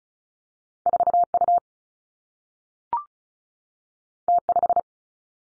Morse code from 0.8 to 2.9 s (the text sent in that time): 4 U